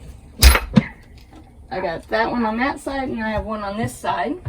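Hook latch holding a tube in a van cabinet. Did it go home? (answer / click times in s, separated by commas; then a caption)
released / 0.4 s. A hook latch holding a tube in place in a van cabinet for driving is flipped open with a sharp hit at 0.4 s, the first of two latches undone so the tube can be moved. A fainter tap follows at 0.8 s, then someone talks.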